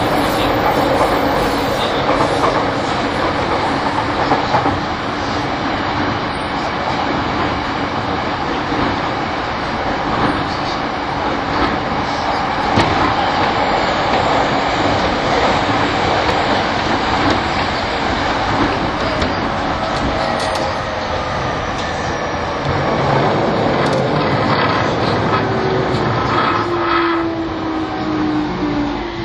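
An E231 series Yamanote Line train on the outer loop runs at a steady, dense roar for the whole stretch, with low rumble and hissing wheel noise. Faint tonal hums drift in the middle, and a rising whine appears near the end.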